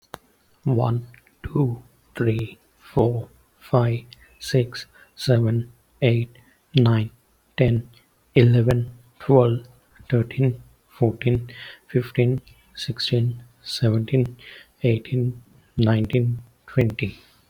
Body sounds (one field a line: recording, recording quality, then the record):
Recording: counting at a normal pace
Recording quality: excellent, no background noise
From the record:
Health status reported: COVID-19 positive, moderate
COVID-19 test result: positive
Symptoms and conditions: breathing difficulty, fever, fatigue, muscle pain, loss of smell and taste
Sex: male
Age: 27 years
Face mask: not worn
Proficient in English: yes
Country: India